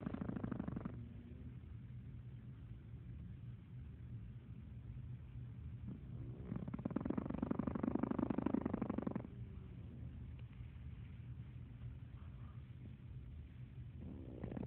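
An adult snoring: low, rumbling snores that recur with slow breaths, separated by quiet gaps of several seconds.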